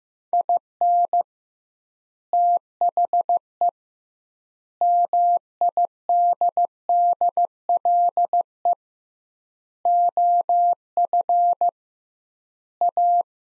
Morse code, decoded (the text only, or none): IN THE MIDDLE OF A